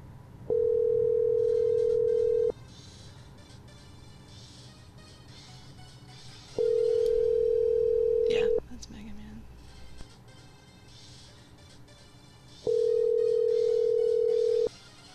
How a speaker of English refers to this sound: That's attempt to call him again. Sounds like maybe a Mega Man game for his ringtone. I don't know what it is.